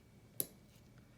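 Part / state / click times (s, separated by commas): insulin pen dose button pressed into the pen body during a subcutaneous injection / seated / 0.4 s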